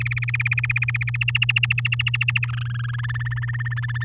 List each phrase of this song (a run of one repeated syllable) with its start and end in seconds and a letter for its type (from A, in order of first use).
0.00-1.17 A, 1.21-2.47 B, 2.47-3.01 C, 3.03-4.04 D